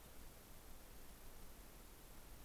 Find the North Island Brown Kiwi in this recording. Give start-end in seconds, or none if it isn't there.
none